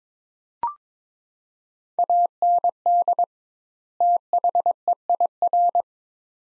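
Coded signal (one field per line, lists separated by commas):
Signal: Morse code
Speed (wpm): 21 wpm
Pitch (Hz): 700 Hz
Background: none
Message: AND THEIR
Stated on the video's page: Morse practice drill of two-word sets at 22 wpm with 2x word spacing, a Farnsworth-like method, each set followed by speech.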